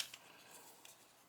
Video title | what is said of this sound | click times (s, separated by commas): MARUI GLOCK G17 GEN5 MOS GBB 瓦斯槍 | 住了它就卡住了，就这样了 | 0.0 s